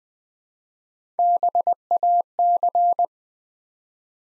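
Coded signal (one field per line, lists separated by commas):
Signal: Morse code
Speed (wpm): 20 wpm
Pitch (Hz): 700 Hz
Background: none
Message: BAC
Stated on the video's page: Morse practice at 20 wpm, building four-letter words one letter at a time for instant character recognition training.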